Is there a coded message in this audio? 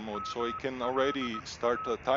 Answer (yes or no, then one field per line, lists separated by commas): yes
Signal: Morse code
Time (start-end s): 0.2-1.9 s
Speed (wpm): 19 wpm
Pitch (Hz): 1290 Hz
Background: speech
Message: MLA